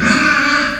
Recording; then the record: squeal of a Yucatan mini pig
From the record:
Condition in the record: after surgery on the right vocal fold (resection and tissue-engineered implant); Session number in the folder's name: 14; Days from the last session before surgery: 133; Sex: female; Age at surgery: 19 weeks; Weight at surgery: 25 kg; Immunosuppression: prednisolone